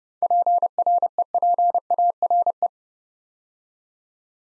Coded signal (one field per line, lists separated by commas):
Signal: Morse code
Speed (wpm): 30 wpm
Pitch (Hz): 700 Hz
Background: none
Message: PREPARE